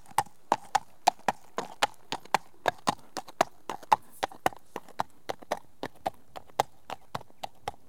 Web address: The BBC Sound Effects Library. Horses